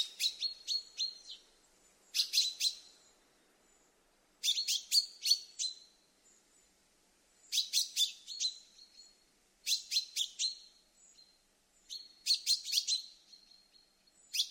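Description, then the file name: Common chaffinch calls: short, sharp metallic notes in quick bursts of several, repeated every few seconds, with quiet gaps between. "Fringilla coelebs"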